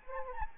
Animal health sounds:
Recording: mosquito wingbeat signal from an infrared sensor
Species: Anopheles arabiensis

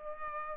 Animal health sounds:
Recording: mosquito wingbeat signal from an infrared sensor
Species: Culex pipiens

